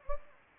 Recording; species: mosquito wingbeat signal from an infrared sensor; Anopheles gambiae